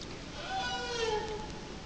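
Whale call, a drawn-out harmonic moan against a steady wash of background hiss.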